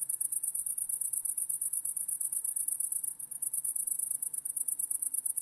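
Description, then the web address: Cricket song, a high shrill chirping pulsed rapidly and evenly, slightly uneven in loudness toward the end. Crickets; wide stereo recording. "lynne-publishing Crickets Wide Stereo"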